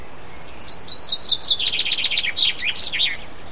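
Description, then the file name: Common chaffinch song: a quick run of repeated high notes, then louder descending slurred notes ending in a flourish. "pinson"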